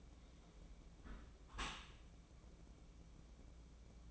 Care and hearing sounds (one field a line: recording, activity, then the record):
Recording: daily activity, microphone in the room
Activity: close dishwasher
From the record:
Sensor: 1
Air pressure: 1012.4 hPa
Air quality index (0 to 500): 172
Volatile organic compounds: 3 ppm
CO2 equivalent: 1400 ppm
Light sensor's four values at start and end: 334/763/337/369 and 333/761/336/368